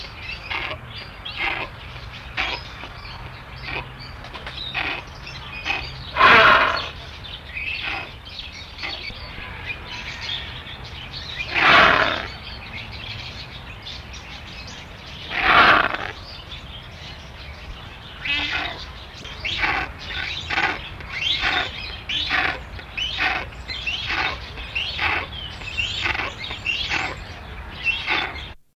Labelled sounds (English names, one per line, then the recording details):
Great Hornbill call
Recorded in captivity
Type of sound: call
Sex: diverse
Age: immature
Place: Zoo Hannover, Niedersachsen, DE
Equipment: Halbspur, 9,5 cm/s
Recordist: Lütgens, Hans
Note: 3 Halbwüchsige